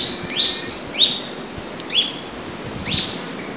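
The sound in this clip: Bird call: four short, high, slurred notes about a second apart, with a constant thin high-pitched drone running beneath.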